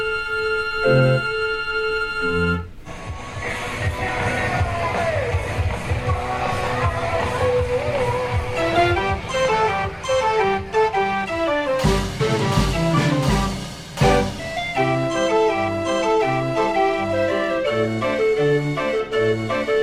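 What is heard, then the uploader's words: A busy fairground: a bright organ-like tune with steady notes plays at the start, then a dense clatter of machinery, rumble and crowd noise fills the middle. From around fourteen seconds a bouncy, regular melody with a low pulsing bass takes over. Fairground Sounds.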